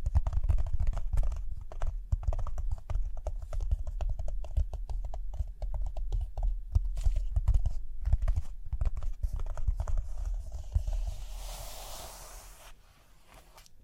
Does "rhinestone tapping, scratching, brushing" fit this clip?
yes